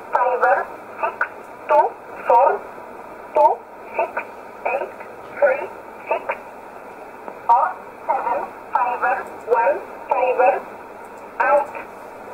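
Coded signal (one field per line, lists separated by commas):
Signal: numbers station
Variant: E11 Oblique, English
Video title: 11 10 2019 E11 Oblique Numbers station in English 1008 on 7317 unknown tx site in USB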